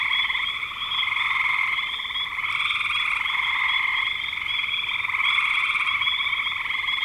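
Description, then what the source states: Frog: a thick chorus of frogs, shrill trills and peeps blending into a continuous wall of sound with small swells in loudness. Frogs calling in spring 2025.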